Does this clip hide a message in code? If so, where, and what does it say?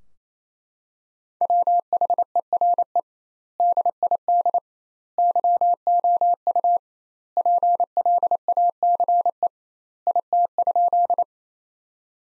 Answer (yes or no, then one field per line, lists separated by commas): yes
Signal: Morse code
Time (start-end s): 1.4-11.2 s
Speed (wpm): 28 wpm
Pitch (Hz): 700 Hz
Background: none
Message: WHERE DID YOU PLACE IT?